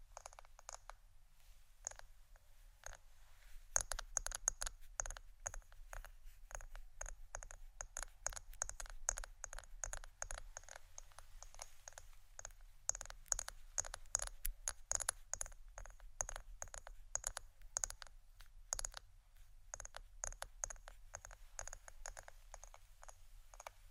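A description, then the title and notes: Rapid, dense tapping clicks run almost continuously, sparse for the first few seconds, then thickening into quick irregular bursts over a low steady hum. ASMR Pure Tapping （No Talking）.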